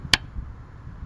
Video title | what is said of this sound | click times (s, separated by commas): Признаки и симптомы неисправной катушки зажигания Porsche Cayenne [Порше Кайен] | et appuyez dessus jusqu'au déclic caractéristique, donc la | 0.1 s